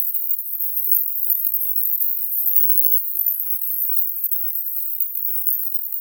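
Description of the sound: Very faint, very high-pitched steady hiss concentrated near the top of hearing, around 16 kHz: a synthetic tinnitus masker, a '16k distractor' meant to distract from tinnitus.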